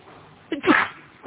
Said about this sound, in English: Bless you. Sorry.